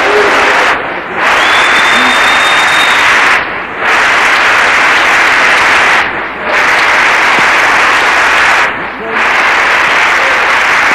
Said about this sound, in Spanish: Le damos un aplauso al Señor, ¿verdad?